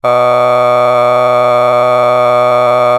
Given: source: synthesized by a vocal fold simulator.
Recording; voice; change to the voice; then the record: sustained vowel; male; a random mix of aspiration noise, stiffness perturbation and strain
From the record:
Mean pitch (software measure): 123 Hz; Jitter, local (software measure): 1.28%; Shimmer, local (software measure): 5.9%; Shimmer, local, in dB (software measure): 0.52 dB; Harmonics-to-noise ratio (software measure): 15.6 dB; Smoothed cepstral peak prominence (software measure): 18.9 dB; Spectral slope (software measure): -14.8 dB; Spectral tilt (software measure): -10.4 dB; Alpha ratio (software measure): -5.3 dB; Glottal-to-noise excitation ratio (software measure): 0.985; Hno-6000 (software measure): 2.1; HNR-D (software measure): 27.4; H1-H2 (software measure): 1.0 dB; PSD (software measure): 1.0e-04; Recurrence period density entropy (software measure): 0.111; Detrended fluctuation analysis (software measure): 0.0321